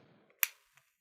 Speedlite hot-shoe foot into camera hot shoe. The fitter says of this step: that'll click into place and now it's locked we're not going to have to worry about that falling off